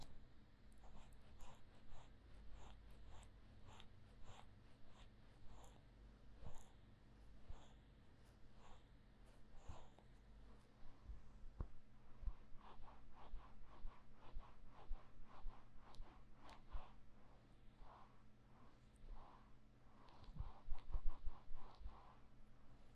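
Sticky aloe gel ear massage: rapid, irregular squelching and crackling strokes throughout, fairly dense, with a steady low hum underneath.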